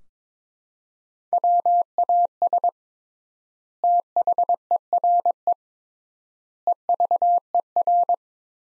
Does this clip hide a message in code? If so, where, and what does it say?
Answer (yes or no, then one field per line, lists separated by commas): yes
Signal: Morse code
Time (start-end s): 1.3-8.1 s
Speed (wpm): 22 wpm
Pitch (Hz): 700 Hz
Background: none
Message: WAS THERE EVER